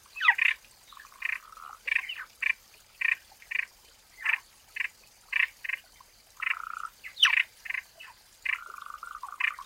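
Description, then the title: Frogs giving spaced, harsh croaks at an uneven pace, with occasional lower sustained notes and quick sliding calls near the start and again later. Frogs calling in a forest. "林中蛙鸣鸟鸣"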